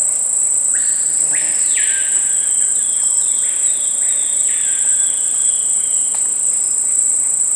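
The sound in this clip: Bird calls: a sequence of clear whistled notes, several sliding downward, over a continuous high-pitched steady tone and background hiss.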